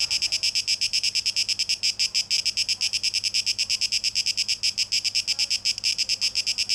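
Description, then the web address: Cicada buzzing in a shrill, rapid throb, the pulses slightly uneven in strength and running without pause for the whole stretch. Cicada song; 12 August 2023; tape echo mix. "rauschpartikel Audio 2023-08-12 Zikaden (Tape Echo Mix)"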